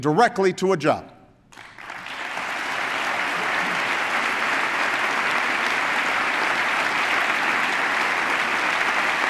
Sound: applause

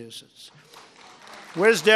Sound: applause

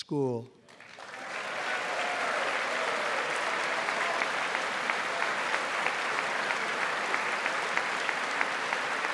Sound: applause

